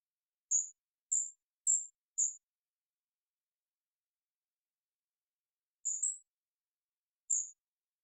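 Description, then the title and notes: Golden-crowned kinglet: four high, thin, lisping notes in quick succession, a long pause, then a doubled note and one more; nothing else audible. Calls, parabolic single-species, processed for clarity with natural pace and rhythm kept; Pacific Northwest, Washington, United States. "GoldenCrowned Kinglet Calls. Golden-crowned Kinglet, Regulus satrapa, calls, parabolic single-species recording, processed for clarity, natural pace and rhythym maintained Recorded in the beautiful Pacific Northwest in Washington, Unister States"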